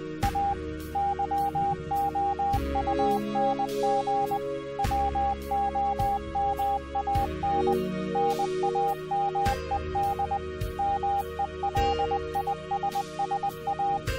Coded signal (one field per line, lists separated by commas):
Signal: Morse code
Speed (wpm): 20 wpm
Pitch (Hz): 800 Hz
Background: music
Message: A YOUNG WOMAN NAMED MELISSA